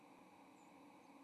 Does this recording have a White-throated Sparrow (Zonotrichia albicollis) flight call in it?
yes